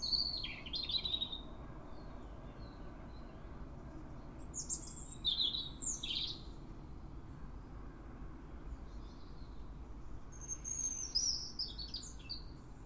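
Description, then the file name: European robin delivering three separate high, tinkling warbled phrases with pauses between them, set against a steady low background hum. "Erithacus rubecula"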